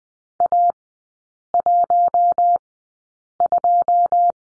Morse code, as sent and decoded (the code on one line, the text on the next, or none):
.- .---- ..---
A12